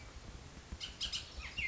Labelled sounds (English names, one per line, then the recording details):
Bullock's Oriole
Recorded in Sonoma County, California